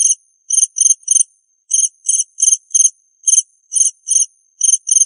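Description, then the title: Cricket giving crisp high chirps in short runs, broken by brief quiet intervals. "suara Hujan Guntur Suara Jangkrik Dan Burung"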